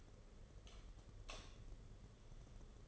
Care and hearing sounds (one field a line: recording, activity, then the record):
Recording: daily activity, microphone in the room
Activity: light off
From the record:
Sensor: 4